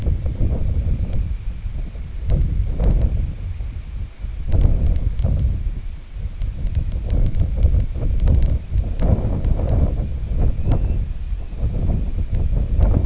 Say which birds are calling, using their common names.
American Golden-plover